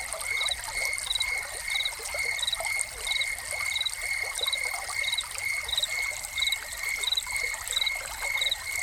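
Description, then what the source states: Crickets give steady high trilling and evenly timed pulsed chirps, mixed with constant trickling, splashing water from a fountain. Soundscape of crickets recorded together with a fountain.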